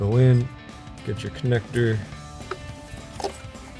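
A wiring harness connector is handled at the C&L Blue Lightning High Output ignition coil of a 2011-2016 Mustang GT while someone talks, with music underneath and a brief sharp tap near 2.5 s. The connector is being picked up to push onto the coil, but nothing has seated or clicked yet.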